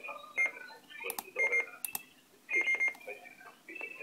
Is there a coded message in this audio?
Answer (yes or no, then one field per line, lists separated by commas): no